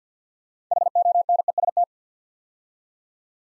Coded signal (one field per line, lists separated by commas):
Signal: Morse code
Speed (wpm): 49 wpm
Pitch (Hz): 700 Hz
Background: none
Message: HONEST